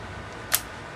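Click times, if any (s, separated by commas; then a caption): 0.5 s. A lens, lined up by its aperture-ring prong with the mount marker, is turned counterclockwise on the bayonet mount of a Nikomat SLR camera body. A single short, bright click spanning the mid to high frequencies rises sharply above a quiet steady hiss at 0.5 s. The lens is seated and locked onto the camera.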